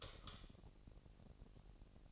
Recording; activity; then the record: daily activity, microphone in the room; light off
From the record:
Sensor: 4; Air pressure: 1002.7 hPa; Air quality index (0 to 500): 249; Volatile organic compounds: 13 ppm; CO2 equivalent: 2403 ppm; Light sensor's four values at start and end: 7/16/6/7 and 6/14/6/6